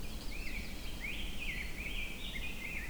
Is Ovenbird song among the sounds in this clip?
no